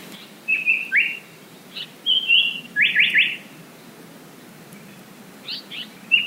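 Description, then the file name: Japanese paradise flycatcher song, short high whistled phrases including a quick run of three downslurred notes, separated by pauses. "sankocho"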